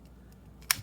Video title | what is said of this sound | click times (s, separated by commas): Cleaning Keurig with Vinegar!! Yes Vinegar!! Mable's Tables | And it snaps back in. You hear that? | 0.7 s